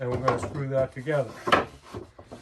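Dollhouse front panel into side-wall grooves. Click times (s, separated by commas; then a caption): 2.2 s. Someone talks while the grooved front panel of a wooden dollhouse is fitted against the side pieces, into the side-wall grooves, to be screwed together. A short click sounds at 2.2 seconds as the panel seats into place.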